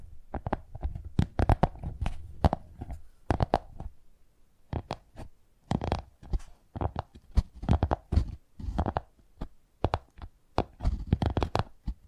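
Brain-tingly tapping sounds come in irregular bursts of sharp taps, some rapid clusters, with deep thuds underneath and brief pauses between groups.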